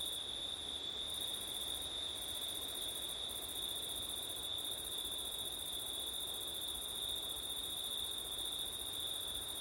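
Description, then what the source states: Crickets sing a constant high trill while a higher chorus band briefly drops out and returns several times; wind noise sits low beneath. September night, with wind; ORTF stereo microphone setup.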